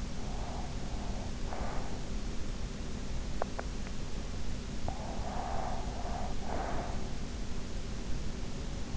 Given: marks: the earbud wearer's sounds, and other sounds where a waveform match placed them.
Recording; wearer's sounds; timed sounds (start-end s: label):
sounds in sleep by an in-ear microphone; breath, teeth grinding
0.00-2.26 s: breath
3.16-3.99 s: teeth grinding
4.92-7.19 s: breath